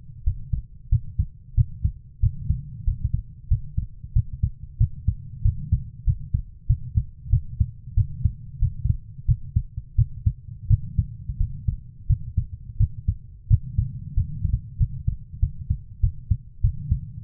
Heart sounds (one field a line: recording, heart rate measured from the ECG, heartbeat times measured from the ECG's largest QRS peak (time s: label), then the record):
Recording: heart sounds by stethoscope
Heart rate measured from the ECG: 92 bpm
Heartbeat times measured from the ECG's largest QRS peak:
0.24 s: heartbeat
0.90 s: heartbeat
1.55 s: heartbeat
2.20 s: heartbeat
2.85 s: heartbeat
3.48 s: heartbeat
4.13 s: heartbeat
4.78 s: heartbeat
5.42 s: heartbeat
6.05 s: heartbeat
6.67 s: heartbeat
7.30 s: heartbeat
7.95 s: heartbeat
8.59 s: heartbeat
9.26 s: heartbeat
9.96 s: heartbeat
10.68 s: heartbeat
11.38 s: heartbeat
12.07 s: heartbeat
12.78 s: heartbeat
13.48 s: heartbeat
14.14 s: heartbeat
14.78 s: heartbeat
15.40 s: heartbeat
16.01 s: heartbeat
16.61 s: heartbeat
17.22 s: heartbeat
From the record:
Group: healthy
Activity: rest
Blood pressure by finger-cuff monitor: 96/49 mmHg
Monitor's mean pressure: 66 mmHg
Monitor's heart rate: 92 bpm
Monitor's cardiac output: 8.8 L/min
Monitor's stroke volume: 97 mL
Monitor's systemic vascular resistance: 530 dyn s/cm5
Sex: female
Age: 24 years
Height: 163 cm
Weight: 55.7 kg